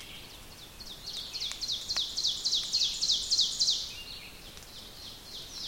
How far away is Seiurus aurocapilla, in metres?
about 35 m